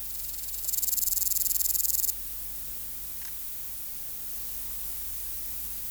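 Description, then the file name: Meadow katydid song: a single high, finely pulsed buzz lasting about one and a half seconds, then only faint background hiss and hum. "Conocephalus kisi"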